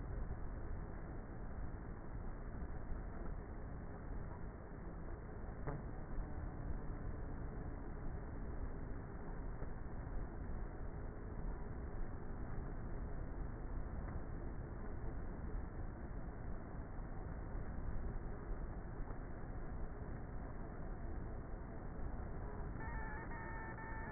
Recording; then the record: honeybee colony, microphone inside the hive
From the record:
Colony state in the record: queenless with a low population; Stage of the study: before two queens were removed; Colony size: about 30,000 bees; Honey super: no